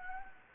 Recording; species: mosquito wingbeat signal from an infrared sensor; Anopheles gambiae